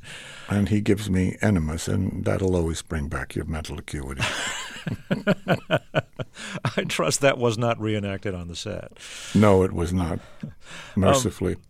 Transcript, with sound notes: And he gives me enemas, and that'll always bring back your mental acuity.
(LAUGHTER)
I trust that was not re-enacted on the set?
No, it was not, mercifully.